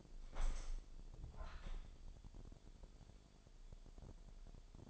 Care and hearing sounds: daily activity, microphone in the room; open window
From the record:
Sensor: 5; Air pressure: 1006.5 hPa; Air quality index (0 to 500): 186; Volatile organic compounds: 5 ppm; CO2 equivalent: 1768 ppm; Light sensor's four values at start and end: 57/161/63/64 and 57/161/63/64

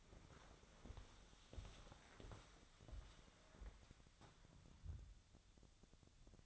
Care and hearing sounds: daily activity, microphone in the room; walk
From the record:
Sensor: 3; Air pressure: 1015.3 hPa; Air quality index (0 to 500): 130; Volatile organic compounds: 6 ppm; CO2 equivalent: 1844 ppm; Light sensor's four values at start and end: 11/30/11/12 and 13/34/13/14

